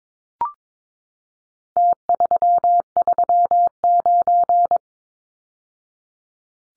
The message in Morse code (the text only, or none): T339